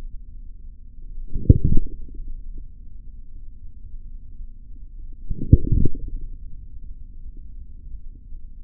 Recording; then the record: forearm muscle sounds (acoustic myography)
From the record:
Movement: forearm pronation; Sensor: system 3, bracelet of six PUI Audio POM-2738L microphones around the upper forearm, with dedicated amplification and filtering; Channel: 1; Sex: male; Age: 43 years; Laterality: right